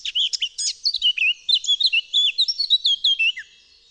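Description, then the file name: Eurasian blackcap song: a fast, varied chattering warble, delivered as one continuous phrase lasting over three seconds before stopping. "KAPTURKA"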